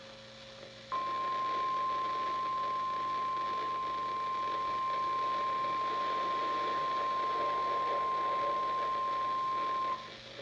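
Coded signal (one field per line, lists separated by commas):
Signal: Emergency Alert System (SAME) tones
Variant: 1050 Hz attention tone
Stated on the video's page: Required weekly test from NOAA Weather Radio station WXK54; one receiving radio fails to alert.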